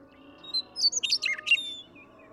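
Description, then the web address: Western meadowlark gives a single song phrase: separate whistled notes leading into a fast, liquid jumble of high and low notes, with a faint steady background hum. "birdsongforthecurious songs Western Meadowlark"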